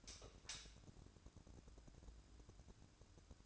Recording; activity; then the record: daily activity, microphone in the room; light on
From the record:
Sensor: 2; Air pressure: 1007.7 hPa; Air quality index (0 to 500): 95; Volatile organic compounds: 1 ppm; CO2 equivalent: 719 ppm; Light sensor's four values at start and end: 8/20/8/8 and 13/35/14/14